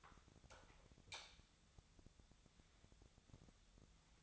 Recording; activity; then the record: daily activity, microphone in the room; light on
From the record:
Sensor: 3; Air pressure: 1000.0 hPa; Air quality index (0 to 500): 123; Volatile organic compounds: 2 ppm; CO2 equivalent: 1100 ppm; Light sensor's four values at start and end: 39/99/42/46 and 41/107/45/49